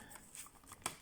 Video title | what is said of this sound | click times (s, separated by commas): ALIEXPRESS CHINA HONOR MAGIC V3 📱 FANTASTIC🤙 NEW STYLE CASE HIGH QUALITY SCREEN 📲PULL OUT STAND🧍🏻‍♂️ | and there. Snap. Snap. As you can see, now it's fully done. | 0.9 s